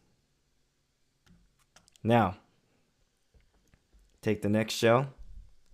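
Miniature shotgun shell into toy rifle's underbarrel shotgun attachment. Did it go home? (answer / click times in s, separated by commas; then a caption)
no / none. Someone talks while handling the next miniature plastic shotgun shell for the Masterkey underbarrel shotgun attachment on a toy rifle, about to push it into the loading tube. Only a few faint handling ticks are heard between the words. Nothing has seated or clicked yet.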